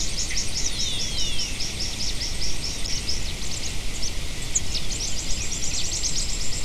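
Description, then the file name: Birds giving a run of quick repeated high chirps, a brief pause, then another rapid chirping series over a steady hiss. "SABIOD 50 bird 2015"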